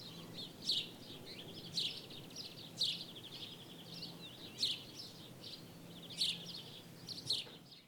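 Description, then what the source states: Birds calling with sharp high chirps about once a second, linked by buzzy rattling trills, a faint low hum behind. Birds in daytime ambience in Jerez, Spain.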